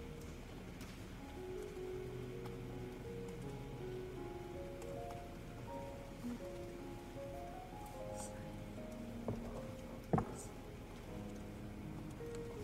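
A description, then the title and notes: Inside the Yale library, a steady low murmur of overlapping voices fills the room, with many short tonal fragments drifting in and out. The level stays even throughout, broken by a few brief clicks and knocks, the sharpest just after ten seconds. Study with me at hogwarts (aka the yale library!).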